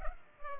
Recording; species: mosquito wingbeat signal from an infrared sensor; Culex pipiens